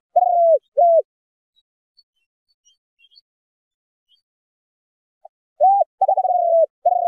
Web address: Tieng chim Cu gay giong chuong tho dong. tieng chim cu gay giong tho chuong dong goi bay